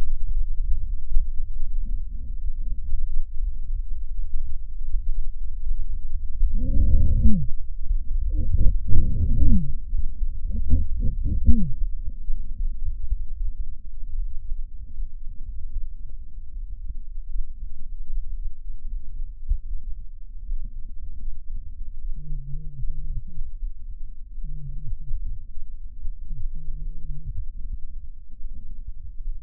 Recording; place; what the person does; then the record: lung sounds by stethoscope; left posterior basal chest; quiet breathing, then cough and speech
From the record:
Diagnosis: interstitial lung disease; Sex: male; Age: 72 years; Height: 167 cm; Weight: 74 kg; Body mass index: 26.5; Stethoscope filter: bell mode